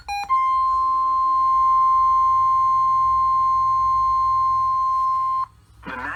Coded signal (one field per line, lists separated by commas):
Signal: Emergency Alert System (SAME) tones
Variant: 1050 Hz attention tone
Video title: EAS Alerts from April 13, 2020 (EAS #45-56)